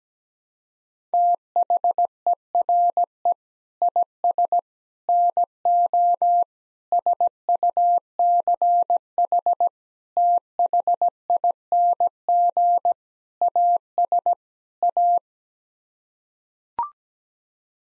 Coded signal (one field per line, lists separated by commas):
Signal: Morse code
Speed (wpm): 17 wpm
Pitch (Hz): 700 Hz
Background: none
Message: THERE IS NO SUCH THING AS A